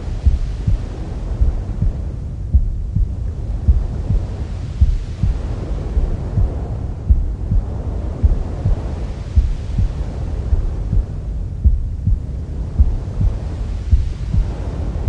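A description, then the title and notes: Womb sounds: a deep, muffled throbbing pulses steadily under a thick low rumble, like a heartbeat heard through fluid. A soft whooshing swells and fades every few seconds, and the overall level stays even throughout with no other sounds. Womb Sounds To Relax Newborns To Sleep.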